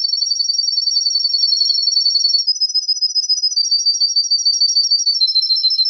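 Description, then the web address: Atlantic canary song: a fast, even trill of rapidly repeated high notes, continuous throughout with slight shifts in pitch. "serinus canaria"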